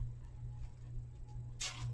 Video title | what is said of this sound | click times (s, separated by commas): Frankenstein Deco Mesh Wreath Tutorial, First Practice Video | you hear that click that's the right way put them on backwards too sometimes | 1.6 s